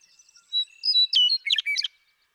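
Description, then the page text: Western meadowlark song, opening with flute-like whistles before breaking into a rapid, rich, bubbling flourish. One male (Bird 1), Sierra Valley, eastern California, 2018. "Birdsong for the Curious Naturalist: Explore #7. 70. The joy of western meadowlark songs. Sierra Valley in eastern California where, during 2018"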